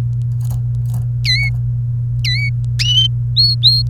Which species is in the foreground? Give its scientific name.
Serinus canaria